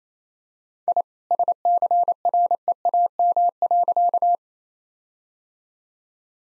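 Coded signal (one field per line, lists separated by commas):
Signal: Morse code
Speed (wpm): 28 wpm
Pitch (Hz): 700 Hz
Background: none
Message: I SCREAM.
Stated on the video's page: Morse practice set of all-age jokes at 28 wpm using contextual priming.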